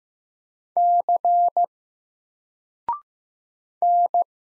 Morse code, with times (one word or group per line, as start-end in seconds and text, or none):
0.8-1.6 C
3.8-4.2 N